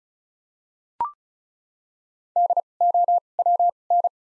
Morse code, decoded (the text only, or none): D O W N